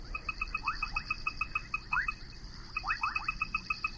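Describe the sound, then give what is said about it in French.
A dense chorus of frogs calls in overlapping layers: steady rapid high-pitched pulses, a sustained buzzing drone, and repeated rising chirps over a low rumbling background, with no talking. “Et on est un peu avec ce genre de chorus, de chœur de batracien, dans ce domaine, dans cette forme en fait musicale.”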